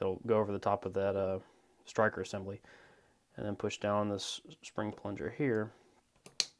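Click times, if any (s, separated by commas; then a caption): 6.4 s. Someone talks while a metal slide cover plate is pushed up over the striker assembly into the rear of a Glock pistol slide, with the striker sleeve held down by a punch and the spring plunger pressed down. A faint tick at 6.3 s is followed by a sharp snap at 6.4 s as the plate seats into place.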